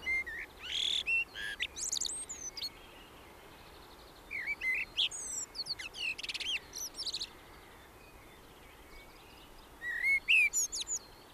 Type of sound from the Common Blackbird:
song